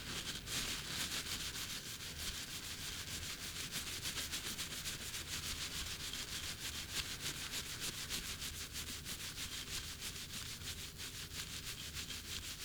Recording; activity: daily activity, guitar pickup as the sensor; brush teeth